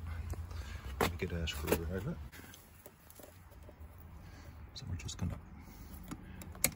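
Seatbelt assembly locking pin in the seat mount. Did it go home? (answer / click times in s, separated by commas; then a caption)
released / 6.6 s. Someone talks while a screwdriver pushes the small locking pin on the seat mount of a Volvo XC70/V70 driver seatbelt assembly, with faint taps and handling sounds along the way. At 6.6 s the pin gives one sharp click and releases, so the seatbelt part can be pulled out.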